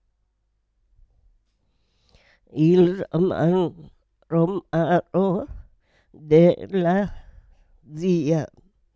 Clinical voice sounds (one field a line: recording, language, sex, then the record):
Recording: read passage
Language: Italian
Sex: female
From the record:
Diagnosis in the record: Parkinson's disease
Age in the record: 78 years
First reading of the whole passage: 164 s, 3.2 characters per second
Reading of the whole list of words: 108 s, 2.6 characters per second